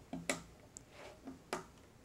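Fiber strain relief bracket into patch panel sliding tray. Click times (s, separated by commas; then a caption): 0.3 s. A plastic transitional strain relief bracket for tight-buffered fiber is put into the slot of a sliding tray in a Corning CCH patch panel, rotated down and pressed in at the front circle. A sharp click at 0.3 s is the bracket firmly locking into place, followed by a few fainter ticks and a second clear click near 1.5 s. The bracket is seated and locked in the tray.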